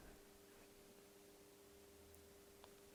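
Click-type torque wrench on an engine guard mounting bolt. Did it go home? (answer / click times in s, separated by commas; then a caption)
no / none. A click-type torque wrench turns an engine guard mounting bolt before reaching the set torque. Only a quiet steady hiss with a faint constant hum is heard, plus two tiny faint ticks near 2.1 and 2.6 seconds. The wrench has not clicked yet.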